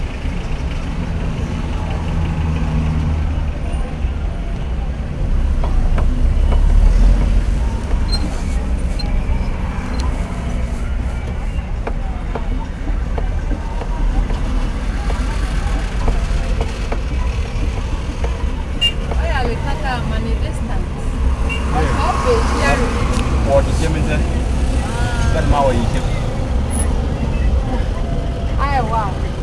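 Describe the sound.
A steady low rumble of road traffic and idling engines around town in Ghana fills the whole stretch, with murmured voices and faint clatter drifting over the constant drone.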